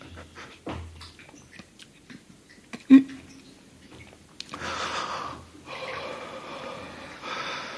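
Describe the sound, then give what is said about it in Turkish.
A person gulps water in a series of quick, wet swallows, one louder gulp standing out, followed by a long, heavy, breathy exhale of relief. “Ama sana su kalmadı. Hepsini içtim.”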